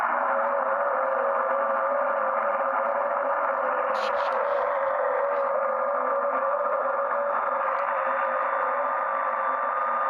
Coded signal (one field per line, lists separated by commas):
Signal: FT8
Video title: FT8CN програма для цифрової модуляції (перший запуск)